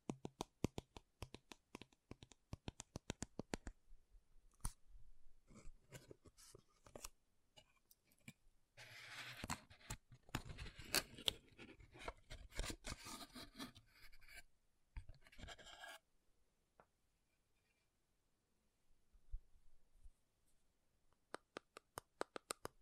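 Quick, crisp tapping and scratching on makeup containers. Dense bursts of taps fill the first four seconds. Rougher scraping and rubbing then dominates until about 16 seconds, followed by a near-silent stretch and a few sharp, sparse taps at the end.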